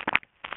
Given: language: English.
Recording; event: throat vibration sensor signal played as sound; swallow